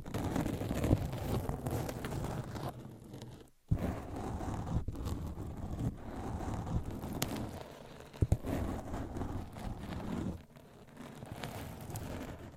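Microphones are scratched with nails: a continuous, dense rasping and rubbing, heaviest in the low range, that shifts in texture every second or two. Brief dropouts near 3.5 and 10.5 seconds break the flow, and sharp clicks stand out around 3.7 and 8.3 seconds.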